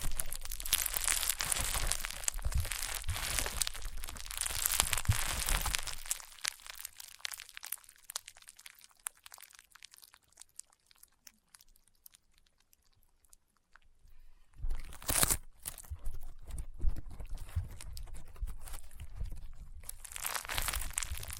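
Crunchy, popping slime being squeezed in dense crackly bursts, going quieter from about six to fourteen seconds before loud crunching returns.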